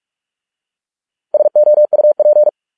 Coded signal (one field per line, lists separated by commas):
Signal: Morse code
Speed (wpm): 46 wpm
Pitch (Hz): 600 Hz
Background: none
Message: SOUP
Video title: Morse code 45 wpm exercise with images